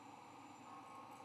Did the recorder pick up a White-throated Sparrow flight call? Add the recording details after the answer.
no. No flight call is heard. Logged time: 23:01 on 19 November 2014